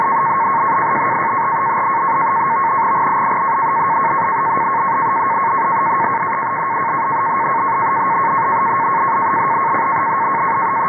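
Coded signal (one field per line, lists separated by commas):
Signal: NAVTEX (SITOR-B)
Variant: 100 baud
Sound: rapid warbling two-tone chatter around 1 kHz over steady hiss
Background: radio static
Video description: Here I am receiving and decoding a NAVTEX-SITORB message from the station in Norfolk, VA. I was tuned to 517 kHz Upper Sideband in order to capture the audio from the signal centered on 518 kHz.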